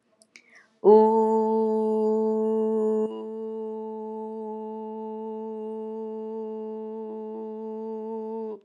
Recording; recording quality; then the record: sustained vowel as in boot; excellent, no background noise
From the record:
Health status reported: healthy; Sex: female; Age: 45 years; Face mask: not worn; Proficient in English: yes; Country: India